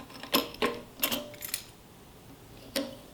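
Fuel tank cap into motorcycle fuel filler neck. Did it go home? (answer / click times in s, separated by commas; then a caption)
no / none. A motorcycle fuel tank cap is lined up with its arrow pointing toward the front of the bike and handled over the fuel filler neck before being pushed down. Short plastic-sounding clacks and taps are heard, with sharper knocks at about 0.4 s and 1.0 s and another near 2.8 s. Nothing has seated or clicked into place yet.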